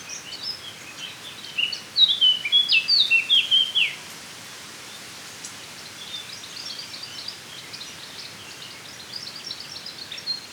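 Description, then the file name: Eurasian blackcap with quiet twittering, then a loud two-second burst of clear fluty, sliding whistles, followed by faint scratchy warbling over a steady background hiss. "Sylvia atricapilla"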